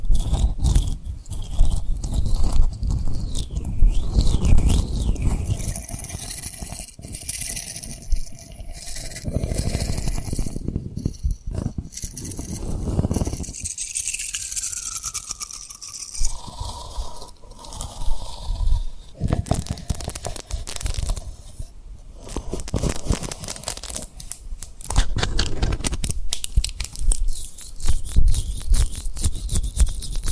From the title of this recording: Tapping & Rubbing Rhinestone Lip Triggers